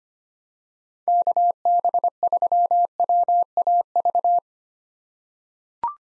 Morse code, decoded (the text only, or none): KB3WAV